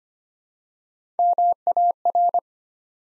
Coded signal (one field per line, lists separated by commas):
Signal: Morse code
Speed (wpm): 25 wpm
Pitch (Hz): 700 Hz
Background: none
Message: MAR